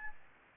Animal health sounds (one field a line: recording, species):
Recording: mosquito wingbeat signal from an infrared sensor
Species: Anopheles arabiensis